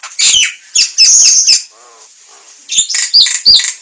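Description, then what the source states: Javan myna uttering harsh, squawky bursts and chirps, with a short soft low murmuring phrase in a quiet gap midway. Javan myna, locally jalak kebo, described as talking.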